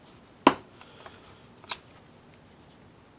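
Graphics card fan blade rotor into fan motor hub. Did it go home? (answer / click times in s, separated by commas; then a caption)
yes / 0.5 s. A plastic graphics card fan blade rotor is pressed straight onto its fan motor hub during a fan replacement. A sharp, loud snap rings out at 0.5 s, followed by a few faint ticks and a softer click near 1.7 s. The rotor has seated on the hub.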